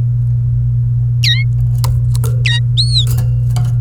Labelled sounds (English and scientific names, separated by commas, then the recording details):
Domestic Canary (Serinus canaria) song
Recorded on 28 April 2018 at 15:16
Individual llb3